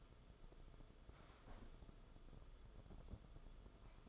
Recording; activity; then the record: daily activity, microphone in the room; sit down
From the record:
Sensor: 5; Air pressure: 994.5 hPa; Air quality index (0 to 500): 185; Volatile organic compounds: 1000 ppm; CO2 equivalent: 5406 ppm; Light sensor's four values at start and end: 23/57/24/28 and 24/59/24/29